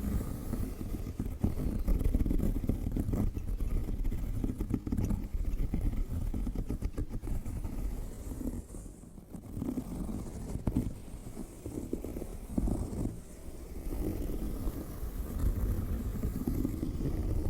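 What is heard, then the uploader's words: Fingernails scratch over leather and textured metallic-finish leather bags in a steady, dense rasp with a deep, rumbling body. Quick ticking strokes crowd the first eight seconds, a short lull near nine seconds, then the rubbing resumes in slower, swelling passes. Scratches on ASMR leather and metallic textured leather bags (no talking).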